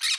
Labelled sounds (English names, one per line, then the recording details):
Brown-throated Parakeet contact call
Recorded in Bonaire
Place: 1 km E of roosting area just N of Seru Largu
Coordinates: 12.199, -68.268